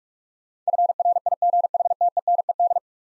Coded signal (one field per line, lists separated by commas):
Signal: Morse code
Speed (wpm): 46 wpm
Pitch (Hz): 700 Hz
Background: none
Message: FRIGHTENED